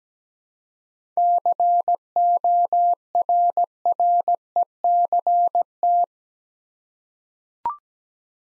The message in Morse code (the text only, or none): CORRECT